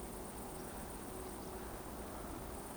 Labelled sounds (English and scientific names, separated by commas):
Eurasian Woodcock (Scolopax rusticola) whistle